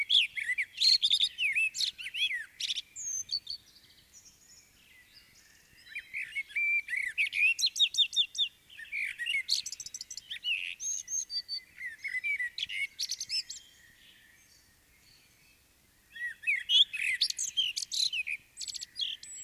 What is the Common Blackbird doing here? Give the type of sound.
song